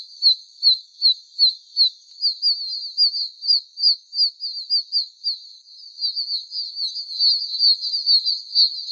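Oak toad giving clear high peeps in a quick regular series, other toads peeping in the background and joining more densely toward the end.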